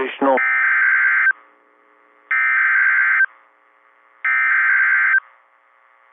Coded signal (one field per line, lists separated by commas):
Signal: Emergency Alert System (SAME) tones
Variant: header bursts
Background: speech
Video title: Severe Thunderstorm Warning EAS Monroe Morgan Brown County Indiana NOAA Indianapolis 7 17 23 8 28 PM